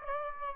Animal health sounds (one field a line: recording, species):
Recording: mosquito wingbeat signal from an infrared sensor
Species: Aedes aegypti